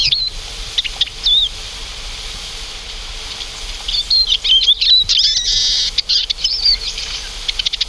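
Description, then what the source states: Eurasian Siskin calls: scattered high, thin chirps early on, then wavy twittering notes in bursts from about four seconds until near the end. Small finch-family winter visitor that never moves alone and always forms flocks; call closely resembles the Oriental Greenfinch's but omits the greenfinch's 'chiriri' phrase.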